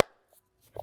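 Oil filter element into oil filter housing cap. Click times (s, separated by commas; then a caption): 0.0 s. A new paper oil filter element for a 2008-2013 BMW E90, E92, E93 M3 is pressed by hand onto its plastic oil filter housing cap. A sharp click at 0.0 s shows it has seated. Faint rustling follows, then a few small knocks around 0.8 s.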